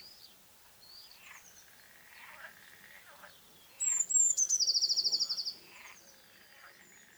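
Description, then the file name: Eurasian blue tit song: two very high thin notes sliding into a fast, even silvery trill lasting about one and a half seconds, with faint chirps of other birds around it. "Cyanistes caeruleus"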